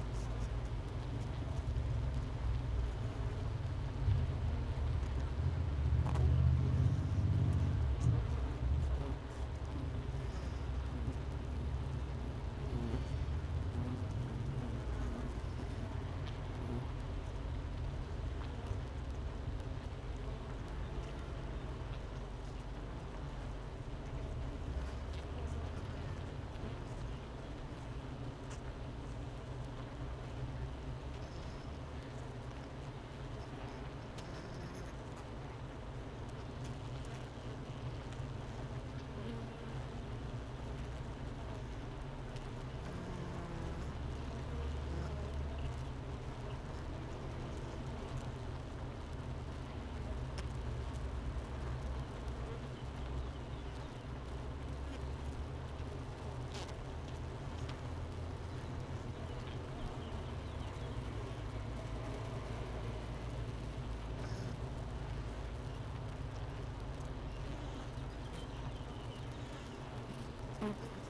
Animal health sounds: honeybee colony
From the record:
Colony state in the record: missing queen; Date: 31 May 2018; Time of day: 9:43

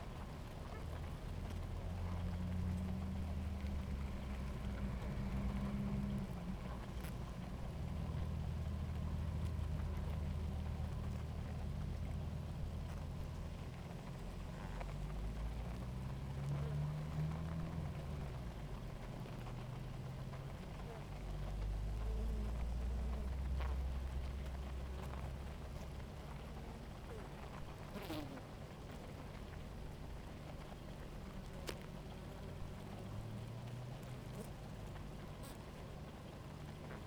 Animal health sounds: honeybee colony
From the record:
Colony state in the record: active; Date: 28 July 2017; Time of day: 17:54

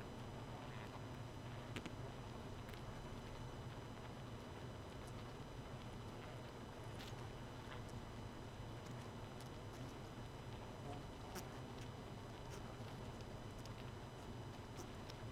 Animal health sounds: honeybee colony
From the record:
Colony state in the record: missing queen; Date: 31 May 2018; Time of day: 0:33

